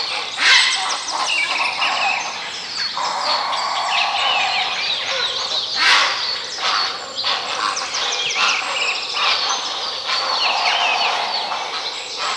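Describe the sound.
Bird song chorus of many overlapping chirps, twitters and trills, busy and continuous, with a few louder bursts standing out against steady background noise.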